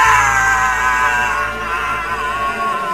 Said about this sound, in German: Hast du das gehört? Ja, der Schrei ist wahrscheinlich auch mit aufgenommen.